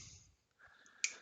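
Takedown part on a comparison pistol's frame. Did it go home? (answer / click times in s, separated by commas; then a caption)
yes / 1.0 s. A takedown part on the frame of a second pistol, used for comparison, is pulled out and clicks into position. A faint low rumble fades out over the first third of a second, a small tick comes at 0.9 s, and a sharp metallic click at 1.0 s shows the part seated.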